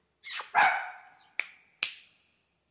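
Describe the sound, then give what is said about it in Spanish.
A female dog at home lets out two loud, ringing barks in quick succession, then a few shorter, sharper barks spaced about half a second apart, with no talking. “Esta es la perra más famosa de internet.”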